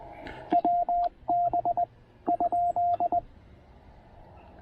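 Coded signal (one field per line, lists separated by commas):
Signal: Morse code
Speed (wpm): 19 wpm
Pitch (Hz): 690 Hz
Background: radio noise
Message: WB ?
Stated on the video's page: QRP CW on 20 meters during a Parks on the Air activation using a TR-45 transceiver and Tufteln end-fed random wire antenna.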